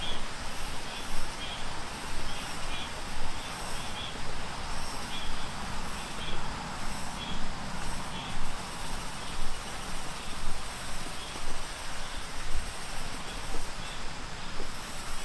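Insects chirp and birds call in repeated bright bursts over a steady low rumble, with pulses roughly every second throughout.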